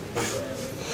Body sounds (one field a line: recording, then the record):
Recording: coughing mixed with background sound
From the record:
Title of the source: Cough Around the Clock!